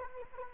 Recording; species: mosquito wingbeat signal from an infrared sensor; Anopheles arabiensis